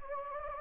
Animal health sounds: mosquito wingbeat signal from an infrared sensor; Anopheles gambiae

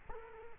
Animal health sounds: mosquito wingbeat signal from an infrared sensor; Culex quinquefasciatus

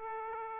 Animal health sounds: mosquito wingbeat signal from an infrared sensor; Aedes aegypti

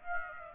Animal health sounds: mosquito wingbeat signal from an infrared sensor; Aedes aegypti

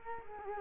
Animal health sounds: mosquito wingbeat signal from an infrared sensor; Culex quinquefasciatus

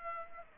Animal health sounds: mosquito wingbeat signal from an infrared sensor; Aedes aegypti

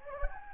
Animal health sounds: mosquito wingbeat signal from an infrared sensor; Anopheles gambiae

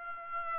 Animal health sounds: mosquito wingbeat signal from an infrared sensor; Aedes aegypti

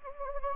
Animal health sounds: mosquito wingbeat signal from an infrared sensor; Anopheles gambiae

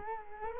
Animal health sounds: mosquito wingbeat signal from an infrared sensor; Culex quinquefasciatus

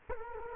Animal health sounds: mosquito wingbeat signal from an infrared sensor; Culex quinquefasciatus

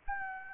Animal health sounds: mosquito wingbeat signal from an infrared sensor; Anopheles gambiae

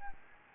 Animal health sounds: mosquito wingbeat signal from an infrared sensor; Anopheles gambiae

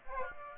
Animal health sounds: mosquito wingbeat signal from an infrared sensor; Aedes aegypti

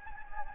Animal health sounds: mosquito wingbeat signal from an infrared sensor; Anopheles gambiae

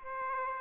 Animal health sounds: mosquito wingbeat signal from an infrared sensor; Aedes aegypti

